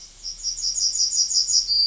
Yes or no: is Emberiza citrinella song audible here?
yes